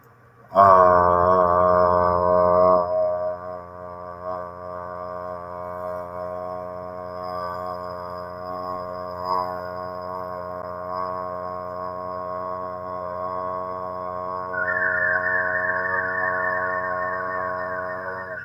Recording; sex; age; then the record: vowel held as long as possible; male; 30 to 39 years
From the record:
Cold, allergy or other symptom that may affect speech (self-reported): no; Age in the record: 35 years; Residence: Ohio, United States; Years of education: 16